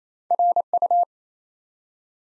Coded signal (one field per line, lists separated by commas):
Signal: Morse code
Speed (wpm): 28 wpm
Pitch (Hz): 700 Hz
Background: none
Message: RU